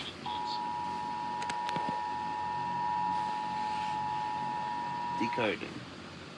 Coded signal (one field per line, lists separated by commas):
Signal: Emergency Alert System (SAME) tones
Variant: 853 and 960 Hz attention tone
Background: speech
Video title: this is my first premiere of a reaction video, reacting to helluva boss massacre by easboy 111